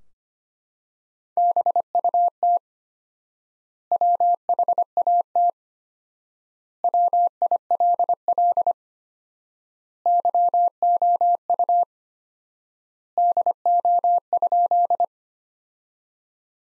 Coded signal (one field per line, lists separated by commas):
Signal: Morse code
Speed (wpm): 25 wpm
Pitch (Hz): 700 Hz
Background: none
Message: BUT WHAT WILL YOU DO?